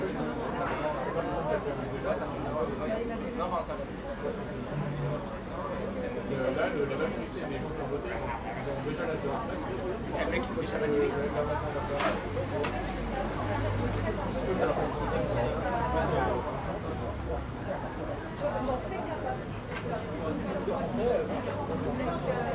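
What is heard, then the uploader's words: Saturday evening on a terrace near Bastille, with a dense, steady hum of many voices talking over one another throughout. Low murmur dominates, broken by occasional clinks and brief sharper sounds around the middle, while the overall level stays even from start to finish. La Rotonde Café Bastille. A terrace in the neighborhood of Bastille on a Saturday evening. Light from the heaters warms those outside, sitting around bistro tables.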